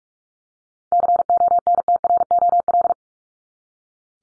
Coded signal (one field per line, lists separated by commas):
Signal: Morse code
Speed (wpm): 44 wpm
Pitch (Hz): 700 Hz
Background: none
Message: CONTROL